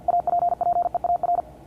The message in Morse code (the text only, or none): APPEAR